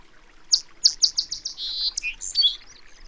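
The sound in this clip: Bird song: several sharp high notes repeated in quick succession, then a buzzy trill and a few varied twittering notes, with light background noise.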